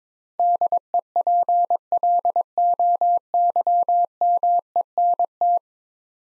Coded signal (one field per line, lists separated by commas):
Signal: Morse code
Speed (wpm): 22 wpm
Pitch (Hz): 700 Hz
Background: none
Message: DEPLOYMENT